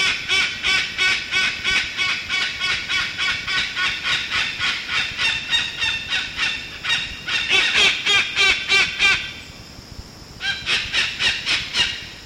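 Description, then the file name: White cockatoo giving harsh, nasal calls in rapid runs of about three per second, a louder burst near eight seconds, a short pause, then another run, over a faint steady high tone. "Cacatuaalba"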